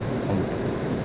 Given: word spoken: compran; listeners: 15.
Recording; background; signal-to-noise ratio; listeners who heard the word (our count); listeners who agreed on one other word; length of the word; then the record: one Spanish word in noise, from a listening test; speech-shaped noise; -5.2 dB; 0 of 15; 9 of 15; 0.65 s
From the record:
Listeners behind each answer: 9, 2, 1, 1, 1, 1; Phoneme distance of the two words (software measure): 34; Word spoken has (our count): 2 syllables, 7 phonemes, stress on syllable 1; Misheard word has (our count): 2 syllables, 5 phonemes, stress on syllable 1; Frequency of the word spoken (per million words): 5.44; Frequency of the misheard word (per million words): 525.38